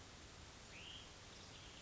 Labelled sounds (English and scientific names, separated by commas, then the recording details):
Hutton's Vireo (Vireo huttoni)
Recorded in Sonoma County, California